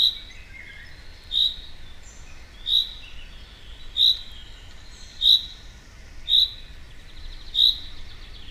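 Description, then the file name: Common chaffinch calling, several short high notes repeated about every 1.3 seconds, with hiss behind. "Fringilla coelebs"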